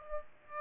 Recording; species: mosquito wingbeat signal from an infrared sensor; Aedes aegypti